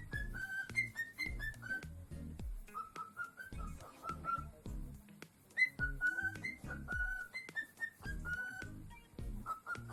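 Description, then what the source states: Cockatiel whistling short, slightly slurred notes in a tune-like sequence, with rhythmic music and thumping beats underneath. Lutino colour form.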